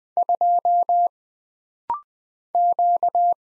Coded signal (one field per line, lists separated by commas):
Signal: Morse code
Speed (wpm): 20 wpm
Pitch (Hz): 700 Hz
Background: none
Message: 2 Q